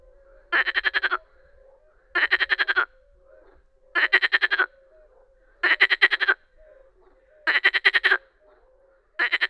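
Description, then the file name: Marsh frog croaking in strong, evenly spaced bursts of rapid pulses, a laughing rattle roughly every one and three-quarter seconds, with a quiet background between calls. "Grenouille rieuse"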